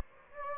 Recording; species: mosquito wingbeat signal from an infrared sensor; Aedes aegypti